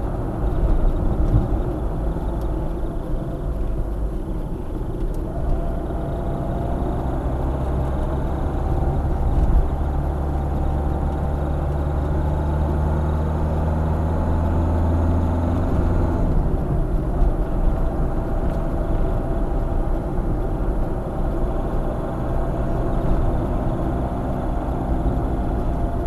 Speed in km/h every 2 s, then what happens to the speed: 53, 47, 45, 50, 51, 55, 61, 63, 64, 58, 61, 62, 59.
0-4 slows to 45. 4-15 speeds up to 64. 15-22 steady at about 61.